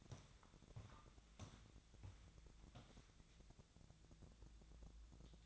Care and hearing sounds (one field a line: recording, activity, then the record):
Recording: daily activity, microphone in the room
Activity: walk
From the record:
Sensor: 3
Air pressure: 1012.2 hPa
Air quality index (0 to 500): 184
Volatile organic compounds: 3 ppm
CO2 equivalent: 1410 ppm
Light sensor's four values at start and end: 70/167/78/86 and 54/144/62/66